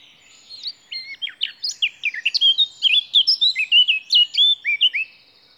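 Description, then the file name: Eurasian blackcap song, a steady rapid stream of bright whistled notes. "Sylvia atricapilla"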